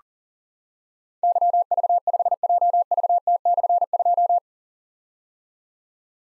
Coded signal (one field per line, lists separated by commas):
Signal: Morse code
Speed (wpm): 40 wpm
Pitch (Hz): 700 Hz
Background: none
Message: YV5JVT/2